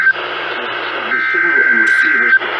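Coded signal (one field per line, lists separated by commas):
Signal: Emergency Alert System (SAME) tones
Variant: header bursts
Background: speech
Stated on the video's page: EAS tones from a compilation of West Coast station alerts and tests during June 2020.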